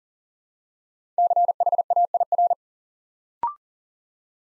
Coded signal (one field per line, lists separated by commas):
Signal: Morse code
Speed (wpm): 39 wpm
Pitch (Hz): 700 Hz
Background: none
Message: CHAIR